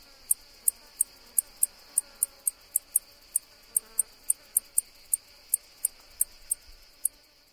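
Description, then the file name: White-faced bush-cricket song: sharp, high ticks repeated steadily about three times a second, over a faint hiss. "Decticus albifrons"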